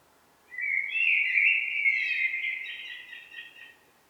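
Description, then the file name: Common blackbird delivering a rich warbling phrase with scratchy, twittering overtones, lasting about three seconds before trailing off. "Turdus merula"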